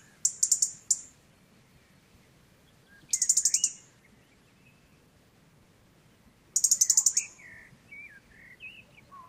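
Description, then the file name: European robin repeating quick series of thin, high ticking notes in three bursts, with soft, wavering lower notes after the later bursts. "Erithacus rubecula"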